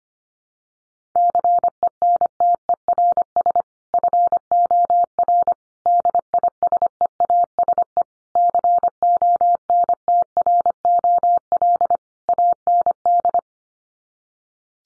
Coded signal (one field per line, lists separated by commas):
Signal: Morse code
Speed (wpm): 25 wpm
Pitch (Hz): 700 Hz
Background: none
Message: CENTERS FOR DISEASE CONTROL AND